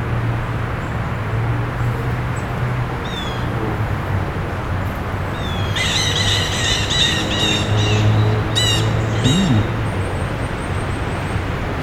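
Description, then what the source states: Blue Jay harsh alarm calls, a burst of several raspy, jeering notes in quick succession in the second half, over a steady wind rumble with thin high bird notes earlier. Several jays calling noisily, unhappy with something, possibly a squabble among them or a reaction to an owl; windy, unseasonably warm mid-December day among pines.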